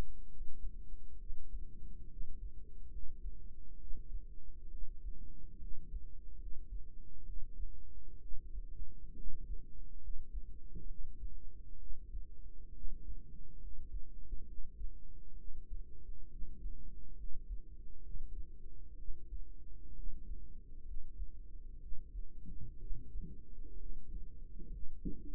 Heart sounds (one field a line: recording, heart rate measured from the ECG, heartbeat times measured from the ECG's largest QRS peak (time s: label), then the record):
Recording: heart sounds by microphone in the right ear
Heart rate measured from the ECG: 66 bpm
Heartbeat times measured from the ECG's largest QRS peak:
0.27 s: heartbeat
1.17 s: heartbeat
2.07 s: heartbeat
2.89 s: heartbeat
3.78 s: heartbeat
4.69 s: heartbeat
5.58 s: heartbeat
6.37 s: heartbeat
7.24 s: heartbeat
8.19 s: heartbeat
9.14 s: heartbeat
9.99 s: heartbeat
10.86 s: heartbeat
11.77 s: heartbeat
12.72 s: heartbeat
13.59 s: heartbeat
14.45 s: heartbeat
15.35 s: heartbeat
16.28 s: heartbeat
17.15 s: heartbeat
18.01 s: heartbeat
18.95 s: heartbeat
19.94 s: heartbeat
20.84 s: heartbeat
21.79 s: heartbeat
22.77 s: heartbeat
23.76 s: heartbeat
24.69 s: heartbeat
From the record:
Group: healthy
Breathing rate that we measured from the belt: 16 breaths a minute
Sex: female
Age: 22 years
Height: 154 cm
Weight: 58.7 kg